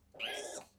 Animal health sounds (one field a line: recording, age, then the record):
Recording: pig call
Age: piglet (1 to 25 days)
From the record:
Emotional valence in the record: negative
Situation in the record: restrain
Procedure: back test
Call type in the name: low-frequency call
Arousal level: low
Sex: male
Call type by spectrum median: low-frequency call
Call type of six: high-frequency stable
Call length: 0.79 s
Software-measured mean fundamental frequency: 209 Hz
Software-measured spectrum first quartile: 875 Hz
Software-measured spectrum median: 2386 Hz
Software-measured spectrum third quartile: 3690 Hz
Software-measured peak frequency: 2867 Hz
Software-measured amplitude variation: 180 dB a second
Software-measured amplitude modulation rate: 22.7 a second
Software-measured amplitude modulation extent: 7.9 dB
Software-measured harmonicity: 3.3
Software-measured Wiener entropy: -2.13